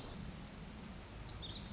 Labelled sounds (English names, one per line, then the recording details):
Pacific Wren
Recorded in Sonoma County, California